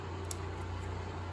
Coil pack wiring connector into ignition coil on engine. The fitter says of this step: Make sure you hear them snap.